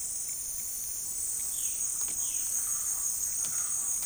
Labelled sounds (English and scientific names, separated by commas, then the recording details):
Violaceous Jay (Cyanocorax violaceus), Speckled Chachalaca (Ortalis guttata)
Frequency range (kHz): Violaceous Jay (Cyanocorax violaceus) 1.9-4.0 kHz; Speckled Chachalaca (Ortalis guttata) 0.4-2.3 kHz
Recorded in dense forest near Puerto Asís, Putumayo, Colombia, on 22 June 2025 at 17:30
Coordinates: 0.503, -76.323
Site G059